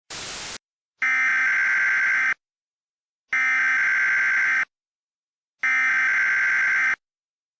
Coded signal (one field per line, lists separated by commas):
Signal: Emergency Alert System (SAME) tones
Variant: header bursts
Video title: EAS Mock 11: Powder